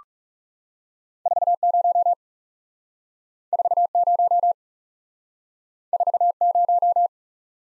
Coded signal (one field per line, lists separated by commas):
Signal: Morse code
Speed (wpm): 39 wpm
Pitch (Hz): 700 Hz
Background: none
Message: 40 40 40